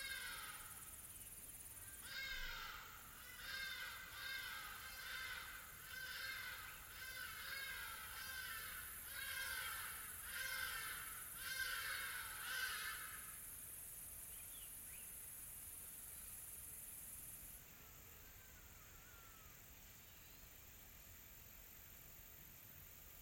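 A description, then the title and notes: Exotic birds call from far off in a tropical forest, giving a rapid run of repeated chirping phrases for about the first half, roughly one burst per second, then falling silent. A steady high insect-like hiss continues underneath, with a thin whine joining near the end. Quiet Tropical Forest.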